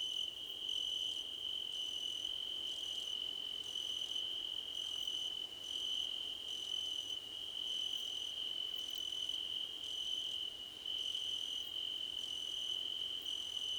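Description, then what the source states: Crickets chorus: a continuous high trill beneath regular short chirps repeated roughly once a second. Crickets, described as a choir competition.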